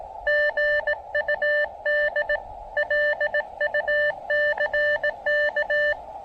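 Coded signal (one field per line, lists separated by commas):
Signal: Morse code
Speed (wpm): 20 wpm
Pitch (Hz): 590 Hz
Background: radio noise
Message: GUD LUCK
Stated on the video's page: Parks on the Air CW activation on 20, 30 and 17 meters.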